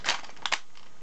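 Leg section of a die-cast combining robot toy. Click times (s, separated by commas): 0.5 s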